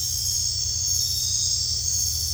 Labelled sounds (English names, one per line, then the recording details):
none
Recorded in dense forest near Puerto Asís, Putumayo, Colombia, on 18 December 2024 at 21:30
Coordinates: 0.467, -76.328
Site GP05